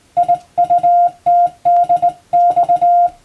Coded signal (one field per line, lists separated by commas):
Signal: Morse code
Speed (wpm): 20 wpm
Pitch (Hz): 700 Hz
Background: none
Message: IUTDX